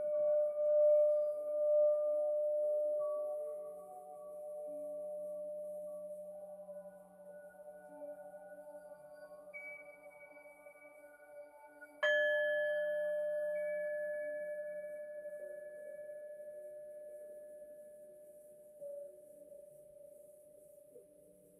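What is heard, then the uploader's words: A singing bowl rings with a steady humming tone that slowly fades, then is struck again around twelve seconds and sustains, gently decaying. MIDI and BOWL sounds 7 mins per chakra.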